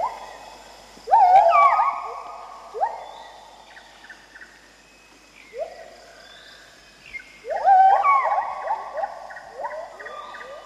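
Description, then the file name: Bird calls, rising whistled notes in loud bursts separated by quiet gaps, some notes stacked and overlapping. "pajaros"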